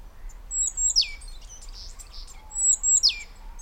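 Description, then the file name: Great tit calling twice, each call a brief piercing high note followed by a sharp falling sweep, roughly two seconds apart, over a soft low hum. "Parus major"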